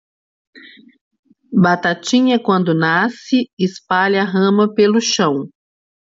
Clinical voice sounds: short text; Brazilian Portuguese; female; 40 to 49 years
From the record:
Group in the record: control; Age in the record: 49 years

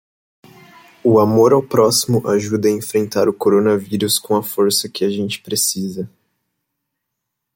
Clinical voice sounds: spoken sentence; Brazilian Portuguese; male; 20 to 29 years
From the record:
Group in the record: control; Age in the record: 21 years

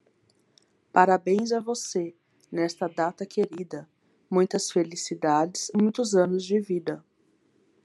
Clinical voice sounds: short text; Brazilian Portuguese; female; 30 to 39 years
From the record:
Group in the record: control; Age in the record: 38 years

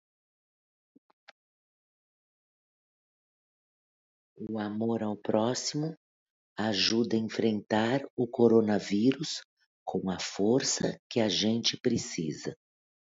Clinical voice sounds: spoken sentence; Brazilian Portuguese; female; 50 to 59 years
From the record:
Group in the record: control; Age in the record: 54 years

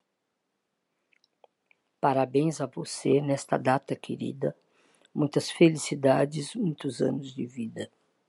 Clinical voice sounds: short text; Brazilian Portuguese; female; 70 to 79 years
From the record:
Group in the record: control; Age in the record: 71 years

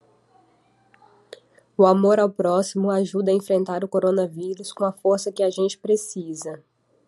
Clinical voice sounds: spoken sentence; Brazilian Portuguese; female; 20 to 29 years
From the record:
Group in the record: control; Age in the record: 29 years

